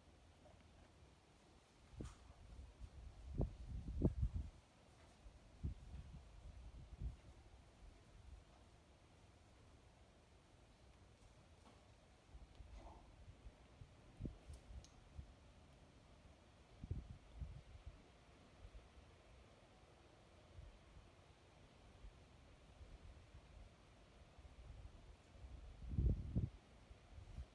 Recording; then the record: sound track of a video of a horse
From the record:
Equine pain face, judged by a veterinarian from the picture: absent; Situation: after eating a carrot, before or after surgery for tooth resorption and hypercementosis (EOTRH)